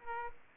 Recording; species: mosquito wingbeat signal from an infrared sensor; Aedes aegypti